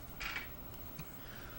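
A small retaining clip is pushed down over a little plastic post inside a Macintosh Plus case. Only a soft, slowly decaying thud is heard, with faint brief ticks around 0.7 and 1.0 seconds. Nothing has clicked into place yet.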